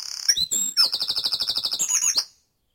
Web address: beanstalk-audio Dawn Chorus in Mold North Wales